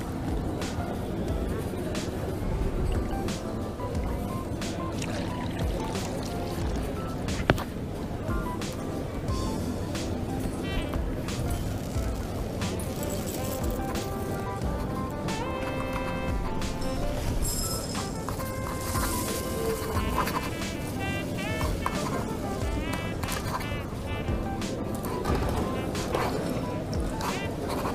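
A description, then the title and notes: Coffee shop ambience with a constant murmur of overlapping voices and a low, steady rumble underneath. Brief clinks and clatters of cups and dishes pop up throughout, with a sharp knock near seven seconds and busier clattering from about fifteen to twenty-two seconds. Coffee shop ambience. Voices. Cutlery.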